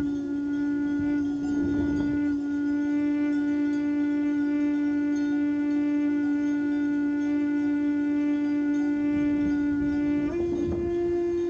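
A tenor recorder holds one long, steady low note for ten seconds, then steps slightly higher near the end over a soft outdoor murmur.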